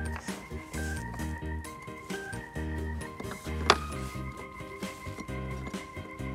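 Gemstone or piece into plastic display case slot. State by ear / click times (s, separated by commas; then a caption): seated / 3.7 s. A dug-out gemstone is pressed back into its slot in a plastic display case over steady background music, and it snaps into place with a sharp click at 3.7 s. The gemstone is seated in the tray slot.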